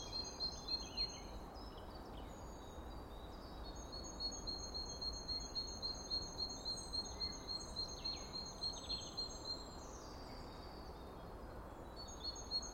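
Bird song: long run of quick, high repeated chirps mixed with occasional sweeping calls, over constant background hiss.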